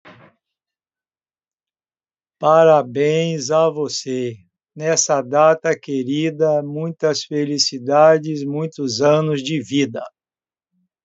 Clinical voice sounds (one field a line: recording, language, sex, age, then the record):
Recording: short text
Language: Brazilian Portuguese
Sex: male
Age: 70 to 79 years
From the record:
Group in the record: control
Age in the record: 70 years